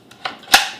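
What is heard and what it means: A Safariland QLS holster quick-lock fork is released from its belt receiver plate by squeezing both release tabs and pushing the fork upward. Two faint ticks at about 0.1 and 0.3 s come before a sharp, bright click at 0.5 s as the fork comes free, and the lock is released.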